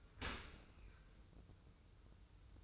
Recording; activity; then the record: daily activity, microphone in the room; open dishwasher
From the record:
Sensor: 2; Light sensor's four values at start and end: 27/64/26/26 and 27/64/26/26